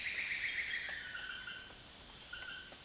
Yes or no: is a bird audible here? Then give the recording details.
no. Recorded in dense forest near Puerto Asís, Putumayo, Colombia, on 29 June 2025 at 18:30. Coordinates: 0.484, -76.325. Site H65